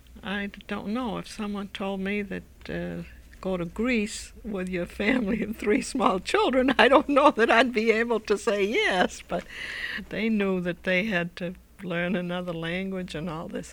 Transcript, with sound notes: I don't know, if someone told me, "Go to Greece with your family of three small children," (she laughs) I don't know that I'd be able to say,"Yes." But they knew that they had to learn another language and all this.